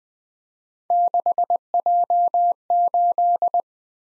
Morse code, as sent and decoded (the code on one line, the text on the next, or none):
-.... .--- ---..
6J8